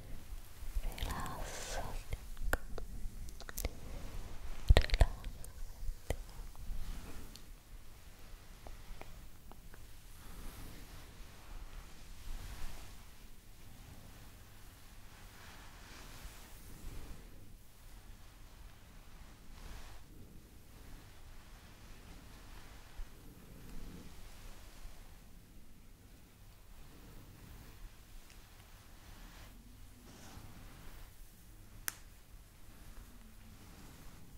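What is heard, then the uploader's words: An ASMR massage made of soft rustling and brushing against skin or fabric. A few sharper taps and snaps stand out, the loudest around five seconds and another near thirty-two. After the first several seconds the sound settles into a quiet, steady stream of gentle contact. ASMR Massage For Relaxation.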